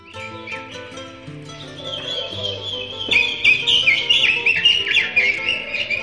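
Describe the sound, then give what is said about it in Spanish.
Birds sing in bright, high warbling chirps that grow busier and louder after the first couple of seconds, layered over a soft bed of low, sustained musical tones. “Pero una noche, mientras Itzel trataba de conciliar el sueño, escuchó a los pájaros cantando adentro del ropero.”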